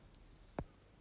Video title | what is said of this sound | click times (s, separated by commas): How to Replace your Volkswagen 1.0 TSI Alternator - Fit it yourself! | Refit the main lead and click in the multi-plug. | 0.6 s